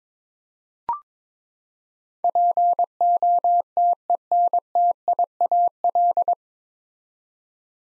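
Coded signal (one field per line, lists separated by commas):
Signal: Morse code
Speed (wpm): 22 wpm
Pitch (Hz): 700 Hz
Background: none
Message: POTENTIAL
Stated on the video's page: Head-copy Morse drill of nine-letter words at 22 wpm, each word sent, spoken, then sent again.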